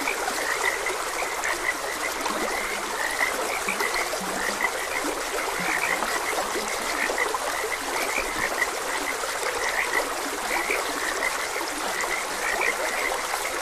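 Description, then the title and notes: Frogs croaking continuously, many quick chirps blending together, over a constant wash of flowing stream water. Frogs croaking beside a gentle stream. "Gentle Stream and Frogs Croaking. Sleep and Relaxation Podcast"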